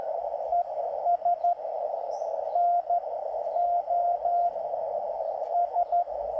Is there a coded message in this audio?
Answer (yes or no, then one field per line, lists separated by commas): yes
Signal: Morse code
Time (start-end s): 0.5-6.0 s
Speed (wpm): 13 wpm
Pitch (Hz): 700 Hz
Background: radio noise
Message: ES NO S